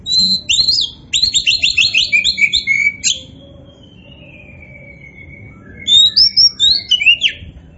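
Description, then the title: Oriental magpie-robin song with a rapid series of repeated chirps, a long descending whistle, then a fresh burst of bright whistled notes. Oriental magpie-robin of the poci variety, described as gacor, singing vigorously. "Kacer Poci Gacor"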